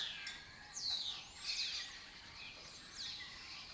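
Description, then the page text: Lesser kestrel calls, quick steeply falling notes repeated irregularly. Breeding colony in an abandoned building complex in Doñana, southern Europe; migratory species that forages in West Africa and breeds in southern Europe. "Lesser Kestrels Took Over an Abandoned Building. A migratory raptor wich spends its foraging time in West Africa and breeds in southern Europe. Here in Doñana"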